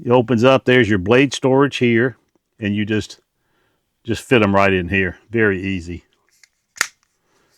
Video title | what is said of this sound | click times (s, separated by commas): Monday's tool haul 27 with KC tool pliers | Snaps back in place. | 6.8 s